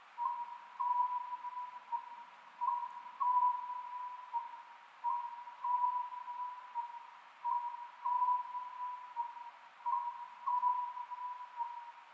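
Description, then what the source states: Oriental scops owl calling: low whistled notes near one pitch, grouped into short phrases repeated about every two and a half seconds, over a steady hiss. Recorded 27 May 2010 at 22:21.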